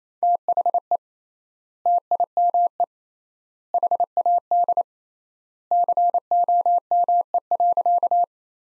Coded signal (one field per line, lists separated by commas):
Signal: Morse code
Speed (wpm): 28 wpm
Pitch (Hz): 700 Hz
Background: none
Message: THE TIME HAD COME.